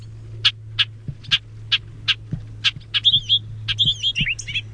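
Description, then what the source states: Bobolink calls: sharp notes repeated at a steady pace, then a burst of bubbly, tinkling song phrases near the end, over a low steady hum. Call and song.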